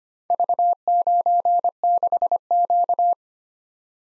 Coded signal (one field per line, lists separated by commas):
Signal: Morse code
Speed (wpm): 25 wpm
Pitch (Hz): 700 Hz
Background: none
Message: V96Q